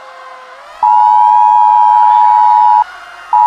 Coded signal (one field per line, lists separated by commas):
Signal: Emergency Alert System (SAME) tones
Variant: 853 and 960 Hz attention tone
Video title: EAS Mini 16: An Explosive Easter